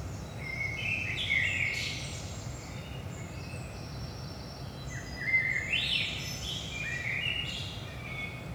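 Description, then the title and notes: Common blackbird song: two mellow phrases, each starting with low whistles and breaking into high scratchy trills, over a steady low rumble. Saint-Gilles, Belgium; early morning, 5 am; recorded with a DPA 4060 microphone pair in AB position into a Zoom F3. "Saint-Gilles, Belgique - 5am Blackbird. Blackbird in the morning. Merle au petit matin"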